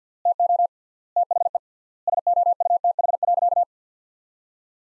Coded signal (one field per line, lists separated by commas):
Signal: Morse code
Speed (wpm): 46 wpm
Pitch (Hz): 700 Hz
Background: none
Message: TO THE SOUTH.